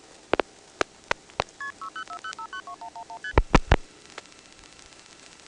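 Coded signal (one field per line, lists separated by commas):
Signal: multi-frequency trunk signalling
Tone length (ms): 90 ms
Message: KP6040592111ST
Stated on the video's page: Multi-frequency trunk signalling on senderized step-by-step switching in Prince William County, Virginia: long-distance call from Dale City and suburban calls from Lorton, recorded 1977.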